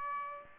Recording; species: mosquito wingbeat signal from an infrared sensor; Aedes aegypti